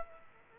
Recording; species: mosquito wingbeat signal from an infrared sensor; Culex quinquefasciatus